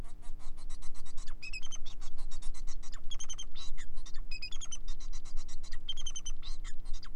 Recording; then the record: song of a male Bengalese finch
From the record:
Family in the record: son of father 4